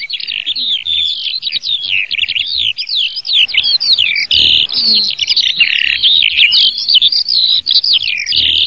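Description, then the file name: Eurasian skylark song, a continuous, high, rapid warble of trilled and slurred notes pouring on without a break. "allodolafausto"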